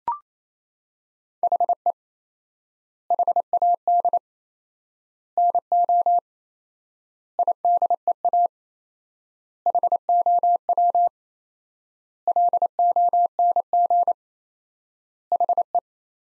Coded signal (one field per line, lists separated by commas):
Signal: Morse code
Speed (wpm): 28 wpm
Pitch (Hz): 700 Hz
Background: none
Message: HE HAD NO IDEA HOW LONG HE